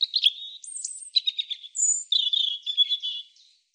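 European robin song, one phrase of wavering high whistles, trills and liquid twitters that slide up and down, then fade out at the end.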